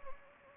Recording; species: mosquito wingbeat signal from an infrared sensor; Anopheles gambiae